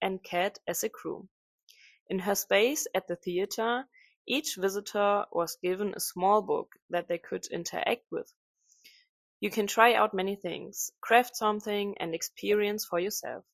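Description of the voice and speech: One adult speaker with a mid-pitched voice narrates clearly, in fluent phrases broken by short natural pauses. Articulation, voice quality and rhythm are ordinary: no repetitions, blocks or slurring. The room is quiet.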